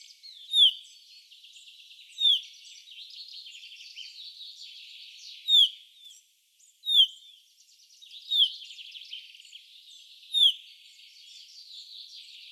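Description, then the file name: Common chaffinch giving several clear downward-slurred calls at uneven intervals over a steady background chatter of bird notes. "Fringilla coelebs"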